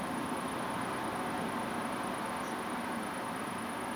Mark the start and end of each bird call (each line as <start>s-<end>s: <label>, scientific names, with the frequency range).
2.42s-2.53s: Muscicapa striata (5.5-6.8 kHz)